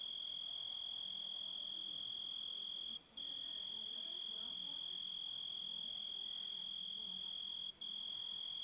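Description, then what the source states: Grasshopper stridulation: a steady, high, pure-toned continuous tone, broken by two brief pauses near three and eight seconds. Composite of grasshopper sounds.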